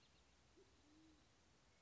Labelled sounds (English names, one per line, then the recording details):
Band-tailed Pigeon
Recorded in Sonoma County, California